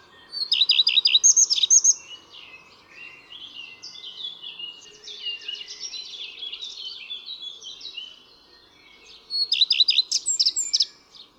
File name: Pleszka